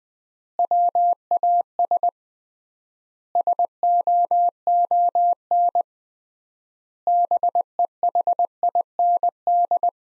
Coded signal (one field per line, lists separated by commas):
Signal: Morse code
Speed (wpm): 20 wpm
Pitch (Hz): 700 Hz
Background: none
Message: WAS SOON BEHIND